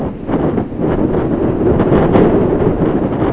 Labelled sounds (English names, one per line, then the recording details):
none
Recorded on Arctic tundra, site ZACK-1, on 16 June 2019
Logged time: 07:49